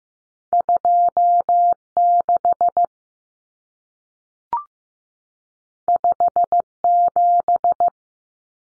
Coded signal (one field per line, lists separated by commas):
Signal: Morse code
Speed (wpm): 15 wpm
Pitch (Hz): 700 Hz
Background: none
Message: 26 57